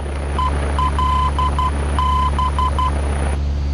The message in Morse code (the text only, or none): ELB